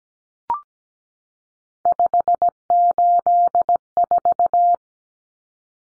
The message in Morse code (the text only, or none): 584